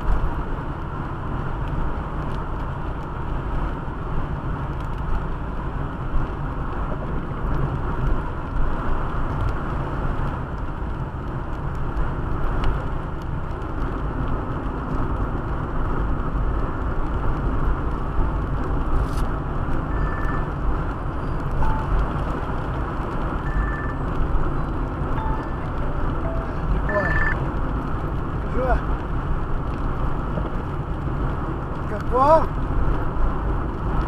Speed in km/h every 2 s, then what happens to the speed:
80, 80, 79, 79, 79, 78, 78, 79, 78, 79, 80, 80, 80, 79, 78, 78, 77.
0-34 steady at about 79.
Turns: none.